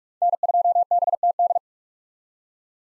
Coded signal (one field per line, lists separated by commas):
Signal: Morse code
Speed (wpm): 44 wpm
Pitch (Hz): 700 Hz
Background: none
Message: N2BTD